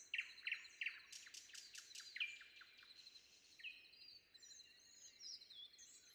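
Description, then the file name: Common nightingale song opening with three quick notes, then a loud buzzy rattle and whistled phrases. Sung before dawn. "predawn nightingale"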